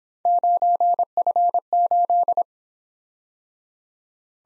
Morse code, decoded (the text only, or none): 9F8